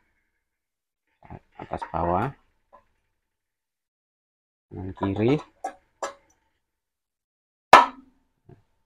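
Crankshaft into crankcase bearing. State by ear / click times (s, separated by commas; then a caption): seated / 7.7 s. While a scooter engine is being assembled, the crankshaft is worked into its bearing in the crankcase by moving it alternately top, bottom, right and left as someone talks. A loud, sharp click at 7.7 s marks the crankshaft seating in the bearing.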